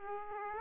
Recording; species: mosquito wingbeat signal from an infrared sensor; Aedes aegypti